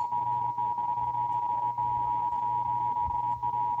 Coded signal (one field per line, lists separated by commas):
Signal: Emergency Alert System (SAME) tones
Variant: 853 and 960 Hz attention tone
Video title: (EAS #736-740) October 2024 Texas Required Monthly Test